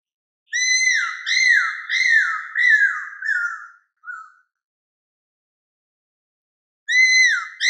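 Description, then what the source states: Cuckoo-roller calls: a run of several clear, slurred whistles, each dipping in pitch, fading toward the end, then after a pause another series begins. Madagascar.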